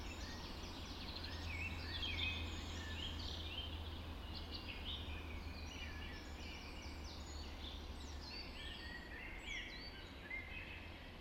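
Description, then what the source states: Dawn chorus, many birds singing together with rapid repeated trills and whistles in a dense layer, plus a steady deep rumble underneath. Dawn chorus recorded just after dawn in the Forest of Dean.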